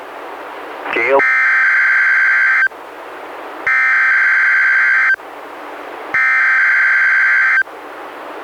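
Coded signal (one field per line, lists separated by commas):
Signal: Emergency Alert System (SAME) tones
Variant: header bursts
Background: speech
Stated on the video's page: Weekly test from NWS Portland relayed by NOAA Weather Radio transmitter, recorded directly from a Reecom R-1630 weather radio over USB.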